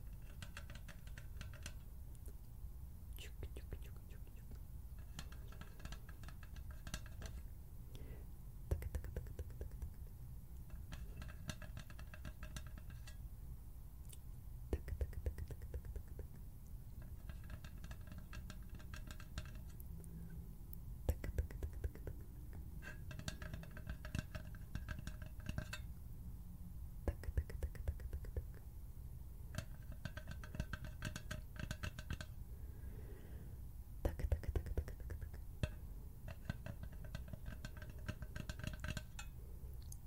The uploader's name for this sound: HAND SOUNDS, FINGER FLUTTERING, SCISSORS SOUNDS